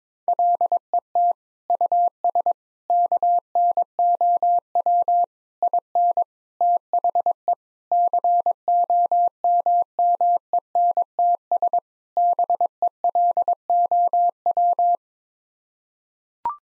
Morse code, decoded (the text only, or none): LET US KNOW IN THE COMMENTS BELOW